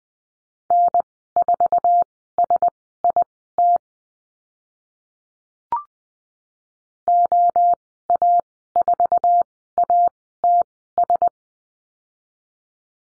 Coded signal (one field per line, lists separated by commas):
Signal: Morse code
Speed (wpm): 20 wpm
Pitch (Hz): 700 Hz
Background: none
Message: N4SIT OA4ATS